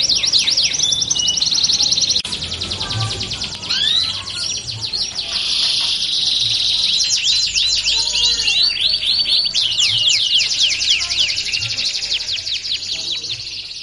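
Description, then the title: Belgian canary singing rapid high trills, shifting between buzzy rolls, sweeping whistled notes and renewed chattering runs throughout. Song played to warm up canaries and prompt them to sing; said to make canaries join in within seconds. "Canto Para Esquentar Canário Belga. LANGSUNG NYAUT. Pancingan suara kenari hitungan detik langsung ikut bunyi"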